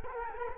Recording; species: mosquito wingbeat signal from an infrared sensor; Culex quinquefasciatus